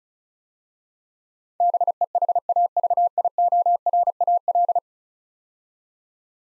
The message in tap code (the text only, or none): none